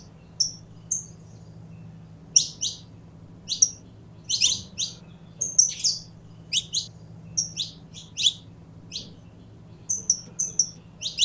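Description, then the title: Belgian canary in continuous song, high whistles mixed with fast descending chirps in steady clusters, over faint low hum. Purebred Belgian canary. "Canto Do Canário Belga Puro"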